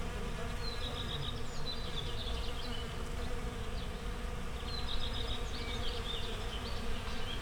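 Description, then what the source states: Bees buzzing in a steady low drone throughout, with scattered chirping birds above. Bees in a flowering rapeseed field, Słoneczna 9, Siemianowice Śląskie, Poland, Saturday 18 May 2019; recorded with Zoom H5 and Audio-Technica BP4025.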